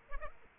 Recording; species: mosquito wingbeat signal from an infrared sensor; Aedes aegypti